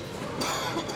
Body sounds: coughing mixed with background sound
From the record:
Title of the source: Dry Coughing Fit in the Afternoon.

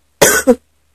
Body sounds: coughing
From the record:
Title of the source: 30 Chesty and wet cough

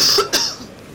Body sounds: coughing mixed with background sound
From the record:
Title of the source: November cold (wet coughing)

